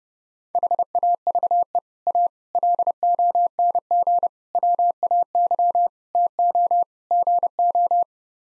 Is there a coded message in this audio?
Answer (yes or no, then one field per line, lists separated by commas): yes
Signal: Morse code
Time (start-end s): 0.6-8.0 s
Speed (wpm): 30 wpm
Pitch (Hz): 700 Hz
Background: none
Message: HAVE A LONG WAY TO GO